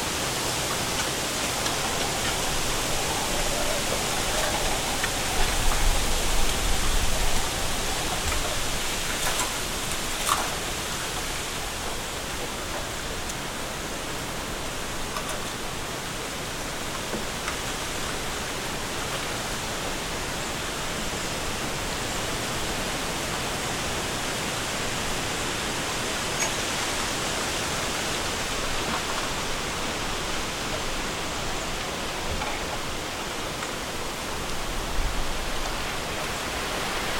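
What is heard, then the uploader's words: Strong wind rushes steadily through a bamboo forest, a dense airy hiss with low gusts swelling around six and thirty-five seconds. Stronger Winds in a Bamboo Forest.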